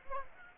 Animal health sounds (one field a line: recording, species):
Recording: mosquito wingbeat signal from an infrared sensor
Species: Aedes aegypti